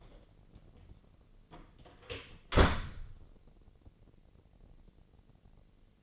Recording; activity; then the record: daily activity, microphone in the room; close door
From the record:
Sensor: 4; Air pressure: 1013.2 hPa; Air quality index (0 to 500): 178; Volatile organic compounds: 2 ppm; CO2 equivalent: 1118 ppm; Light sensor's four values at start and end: 90/225/94/100 and 74/179/76/77